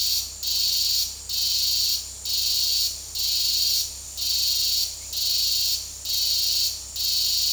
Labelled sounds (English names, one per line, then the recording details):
none
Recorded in secondary vegetation near Puerto Asís, Putumayo, Colombia, on 19 February 2024 at 15:30
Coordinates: 0.489, -76.322
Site G6419